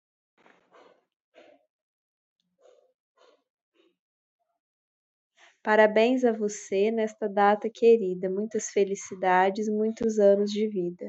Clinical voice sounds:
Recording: short text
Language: Brazilian Portuguese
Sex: female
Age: 20 to 29 years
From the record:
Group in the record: control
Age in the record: 29 years

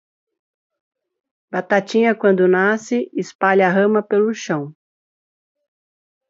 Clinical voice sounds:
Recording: short text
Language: Brazilian Portuguese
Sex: female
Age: 50 to 59 years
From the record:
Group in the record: control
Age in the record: 53 years

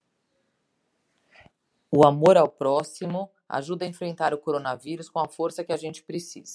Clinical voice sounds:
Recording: spoken sentence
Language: Brazilian Portuguese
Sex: female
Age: 50 to 59 years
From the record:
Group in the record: control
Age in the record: 50 years

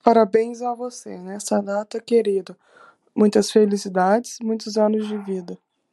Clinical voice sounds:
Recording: short text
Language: Brazilian Portuguese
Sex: female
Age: 20 to 29 years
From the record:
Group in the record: control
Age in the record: 24 years

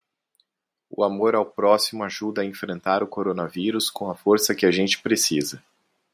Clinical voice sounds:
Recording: spoken sentence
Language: Brazilian Portuguese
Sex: male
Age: 30 to 39 years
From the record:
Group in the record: control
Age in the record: 32 years

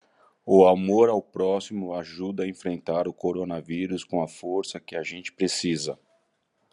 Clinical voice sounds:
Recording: spoken sentence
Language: Brazilian Portuguese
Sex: male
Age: 40 to 49 years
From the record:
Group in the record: control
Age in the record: 48 years

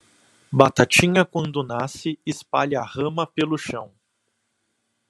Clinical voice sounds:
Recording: short text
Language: Brazilian Portuguese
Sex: male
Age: 40 to 49 years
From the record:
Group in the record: control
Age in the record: 40 years

